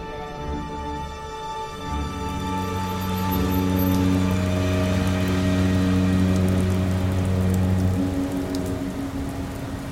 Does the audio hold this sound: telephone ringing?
no